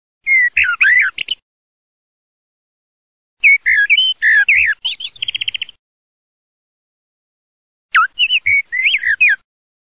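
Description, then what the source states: Eurasian blackbird singing mellow, warbled whistled phrases, three bursts separated by pauses of a few seconds, the middle one ending in a rapid twittering trill. Singing in a wood.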